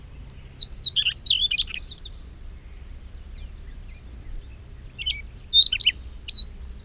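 Siberian rubythroat song: a burst of high, scratchy, varied warbled notes, silence for about three seconds, then another rich, twisting phrase.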